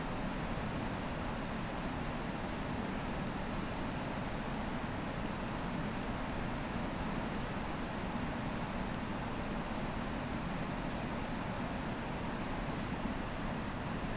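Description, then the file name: Yellow-throated bunting calls: very high, short thin ticks, often in quick pairs or trios, scattered every second or so over a steady low hiss. "bunting-yellow-throated -Emberiza-elegans"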